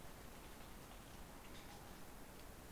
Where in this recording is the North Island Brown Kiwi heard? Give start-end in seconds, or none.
none